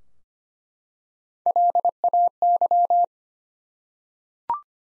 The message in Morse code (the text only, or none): LAY